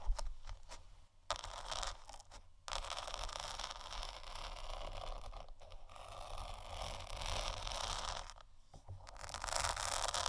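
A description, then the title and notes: Placemats are scratched in quick, dense strokes, a bright rasping texture that runs almost continuously, with short gaps near one, two and a half, five and a half, and eight and a half seconds. A steady low rumble sits underneath throughout. ASMR Scratching & Tapping 2 Magic Placemats（No Talking）.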